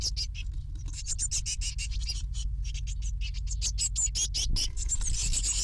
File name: Blue tit (Cyanistes caeruleus) chicks being fed